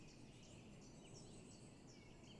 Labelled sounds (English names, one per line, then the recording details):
Common Chiffchaff
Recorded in Germany
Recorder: ecoPi